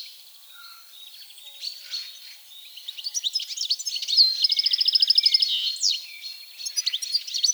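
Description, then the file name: European goldfinch with scattered tinkling notes building into busy twittering and a fast, even trill of repeated notes. "Carduelis carduelis"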